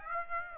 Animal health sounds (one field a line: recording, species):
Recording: mosquito wingbeat signal from an infrared sensor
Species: Aedes aegypti